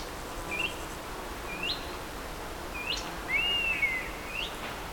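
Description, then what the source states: European honey buzzard calling with several short upswept whistles and one longer drawn-out falling whistle, amid steady background noise. Hides in Finnish forests; winters in southern Africa in eucalyptus plantations, farmland and even Johannesburg parks.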